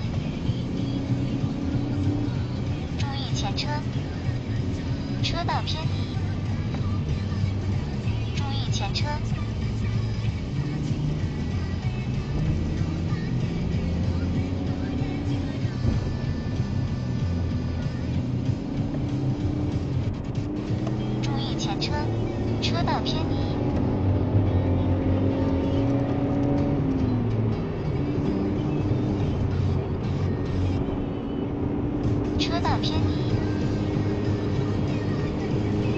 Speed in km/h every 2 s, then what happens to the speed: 68, 68, 67, 58, 52, 52, 58, 67, 65, 71, 80, 92, 101, 103, 102, 101, 105, 108.
4-7 brakes to 52. 11-24 speeds up to 101. 24-30 steady at about 101. 30-36 speeds up to 108.